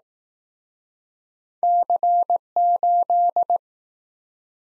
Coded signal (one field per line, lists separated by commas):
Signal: Morse code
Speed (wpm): 21 wpm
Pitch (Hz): 700 Hz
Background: none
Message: C8